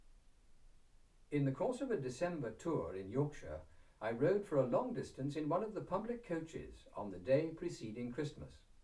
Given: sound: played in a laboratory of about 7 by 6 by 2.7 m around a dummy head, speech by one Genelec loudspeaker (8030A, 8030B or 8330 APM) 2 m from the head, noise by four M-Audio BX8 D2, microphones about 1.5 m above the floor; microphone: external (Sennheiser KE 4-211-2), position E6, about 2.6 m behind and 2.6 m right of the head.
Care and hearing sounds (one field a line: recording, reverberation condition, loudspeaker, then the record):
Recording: male speech in English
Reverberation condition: low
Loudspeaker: 60 degrees to the left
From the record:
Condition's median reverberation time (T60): about 310 ms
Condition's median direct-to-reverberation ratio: about 3.5 dB